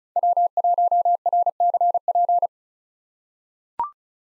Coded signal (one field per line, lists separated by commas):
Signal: Morse code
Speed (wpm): 36 wpm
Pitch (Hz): 700 Hz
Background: none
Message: W1RCP